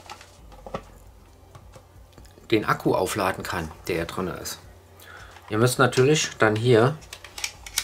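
A solar panel's plastic mount is handled against the top of a 7links pan-tilt WLAN security camera (Full HD, battery, IP66) as it is being fitted to snap into place. Someone talks throughout, with a few light handling knocks near the start and a cluster of sharper knocks around 7.2 to 7.8 s. The mount has not clicked or seated yet when the clip ends.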